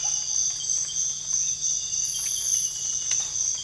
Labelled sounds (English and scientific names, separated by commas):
none